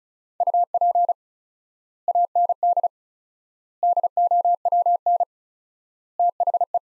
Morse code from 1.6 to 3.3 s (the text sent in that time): AND